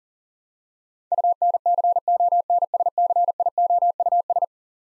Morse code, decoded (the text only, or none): UNCONSCIOUS